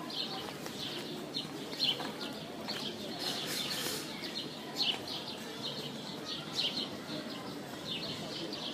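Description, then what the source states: Songbirds chirping, many overlapping high twitters, with a few louder sharp notes breaking out now and then. Birds singing in an aviary.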